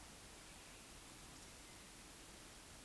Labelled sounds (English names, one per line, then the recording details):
Eurasian Woodcock whistle
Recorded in Baden-Württemberg, Germany, on 16 June 2021 at 19:47 UTC
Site 20675, 466 m above sea level